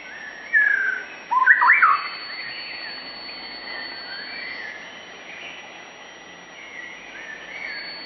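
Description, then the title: White-rumped shama song: two loud bursts of varied whistled notes near the start, then a long stretch of soft, quiet warbling. Training (masteran) recording for pet songbirds; the murai batu is described as gacor, singing vigorously and continuously. "nightingale masteran. Suara Murai Batu Gacor"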